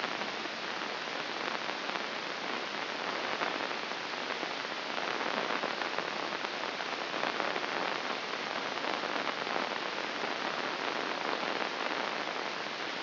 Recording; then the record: brain microelectrode recording played as sound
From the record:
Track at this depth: inside the subthalamic nucleus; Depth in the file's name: 2.433 mm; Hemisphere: left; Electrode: 2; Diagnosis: Parkinson's disease